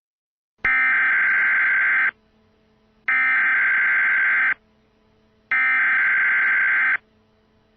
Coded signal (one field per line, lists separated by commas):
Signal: Emergency Alert System (SAME) tones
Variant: header bursts